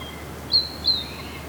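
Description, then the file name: Great tit calls: two short high whistled notes, each slightly falling, about a third of a second apart, over a faint steady background hum. "Parus major"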